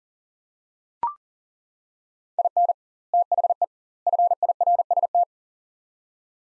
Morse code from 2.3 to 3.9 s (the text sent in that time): IN THE